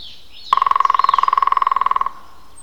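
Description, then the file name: European green woodpecker drumming, one rapid steady roll of many strikes lasting about one and a half seconds. Drumming, recorded 21 April 2001. "zöld küllő dob 20010421"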